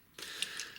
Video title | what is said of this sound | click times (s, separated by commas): Transformers review Maketoys Wheel Loader aka Scrapper | you just want to keep giving it a little squeeze, and it'll all lock into place really well. | 0.4 s, 0.6 s